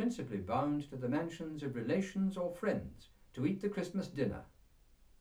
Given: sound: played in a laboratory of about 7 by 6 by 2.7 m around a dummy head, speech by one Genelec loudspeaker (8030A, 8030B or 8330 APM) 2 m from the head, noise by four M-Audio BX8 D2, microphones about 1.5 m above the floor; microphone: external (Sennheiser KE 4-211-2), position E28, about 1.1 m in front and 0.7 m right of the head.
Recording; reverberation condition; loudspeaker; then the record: male speech in English; low; 90 degrees to the left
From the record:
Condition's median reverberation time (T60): about 310 ms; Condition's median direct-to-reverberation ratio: about 3.5 dB